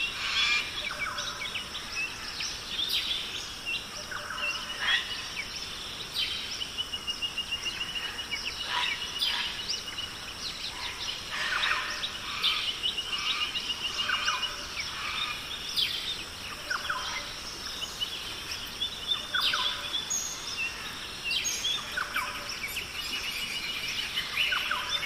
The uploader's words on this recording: Today we have calming rainforest, birds, and waterfall sounds.